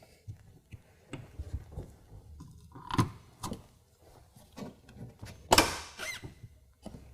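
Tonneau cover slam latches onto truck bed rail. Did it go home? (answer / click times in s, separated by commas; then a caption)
yes / 5.5 s, 5.6 s. A BAKFlip F1 folding tonneau cover is lowered onto the truck bed rails of a 2016 Toyota Tacoma, with some handling knocks and thuds along the way. Its slam latches automatically engage the rail with a sharp double click at 5.5 s and 5.6 s, and the cover is seated.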